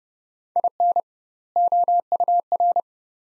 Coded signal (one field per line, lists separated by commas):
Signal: Morse code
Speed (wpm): 31 wpm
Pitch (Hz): 700 Hz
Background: none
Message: IN OUR